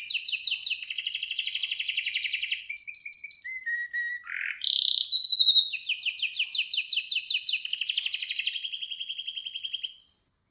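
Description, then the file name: Canary singing long rapid trills of repeated chirps, then a few sliding whistled notes and a brief harsh note before the fast trilling resumes and ends. Irish Fancy canary. "suara kenari irish fancy"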